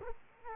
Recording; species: mosquito wingbeat signal from an infrared sensor; Culex quinquefasciatus